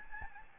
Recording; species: mosquito wingbeat signal from an infrared sensor; Aedes albopictus